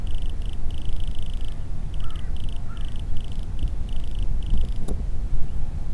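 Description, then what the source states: Wood cricket song, soft high purring trills in bursts of up to about a second and a half with short gaps, over a steady low rumble, with a couple of faint brief chirps. Recorded on 21 September 2016.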